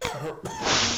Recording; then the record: coughing mixed with background sound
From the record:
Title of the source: Mid-morning Winter Coughing Fit